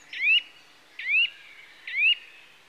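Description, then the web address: Eurasian nuthatch uttering three emphatic upward-sweeping whistled calls, spaced nearly one second apart. "BBC Sound Effects Library. Nuthatch (Sitta Europaea) Calls"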